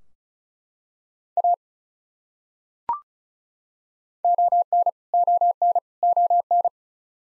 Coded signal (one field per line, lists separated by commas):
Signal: Morse code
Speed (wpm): 36 wpm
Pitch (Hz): 700 Hz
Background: none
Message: A ON ON ON